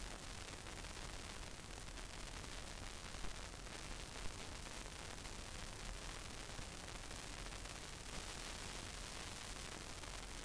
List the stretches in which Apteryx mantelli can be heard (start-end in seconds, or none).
none